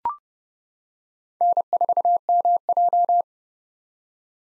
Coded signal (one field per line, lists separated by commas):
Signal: Morse code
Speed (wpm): 29 wpm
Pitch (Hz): 700 Hz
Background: none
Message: N4MJ